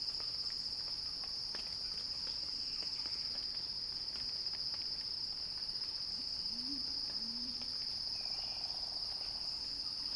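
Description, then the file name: Shrill unbroken cicada buzzing, steady in pitch and loudness, with a few faint low chirps and light clicks in the background. Cicada song described as a crescendo. "Axel-Drioli Cicada-Crescendo-Sounding-Wild"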